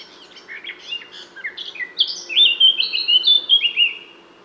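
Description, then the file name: Eurasian blackcap song opening with quiet, scratchy twittering that builds into loud, clear, fluting whistled phrases, sliding and tumbling over each other toward the end. "Sylvia atricapilla"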